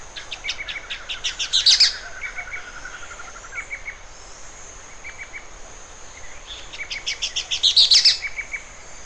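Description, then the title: Bird gives two phrases: quick chirps build to a loud high climax, and the second phrase follows after a pause. "LuckyPassaro Completos2Sama"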